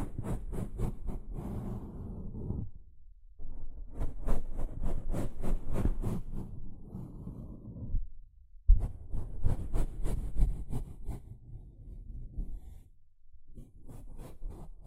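A sponge is scratched and scrubbed in quick, regular strokes, about five or six per second, each a crisp rasp with a soft low thud beneath. The strokes come in bursts of several seconds, broken by short pauses near 3, 8 and 13 seconds.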